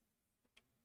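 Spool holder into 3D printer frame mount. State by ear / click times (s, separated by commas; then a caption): not seated / none. A spool holder is being pushed by hand into its mount on the frame of a Creality CR-6 SE Kickstarter Edition 3D printer, where it is expected to simply snap in place. A faint tick at about 0.5 s is followed by a sharper, brighter tick at 0.6 s over a low steady background. Nothing has seated or clicked home yet.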